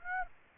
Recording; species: mosquito wingbeat signal from an infrared sensor; Aedes aegypti